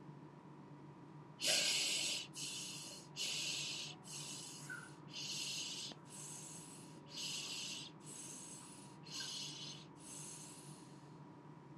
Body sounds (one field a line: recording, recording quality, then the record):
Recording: deep breathing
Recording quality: excellent, no background noise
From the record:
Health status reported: healthy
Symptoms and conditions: diabetes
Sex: male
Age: 55 years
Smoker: not ticked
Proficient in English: yes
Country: India